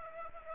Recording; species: mosquito wingbeat signal from an infrared sensor; Aedes aegypti